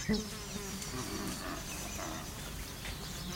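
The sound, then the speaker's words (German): A steady, droning hum of many bees buzzing together, a dense low whirring that stays constant throughout with a brief higher buzz near the start. “Wo so viele Bienen sind, kann Aristaios nicht weit sein.”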